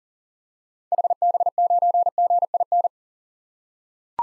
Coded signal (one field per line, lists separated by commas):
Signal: Morse code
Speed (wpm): 40 wpm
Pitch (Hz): 700 Hz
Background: none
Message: HB9GIN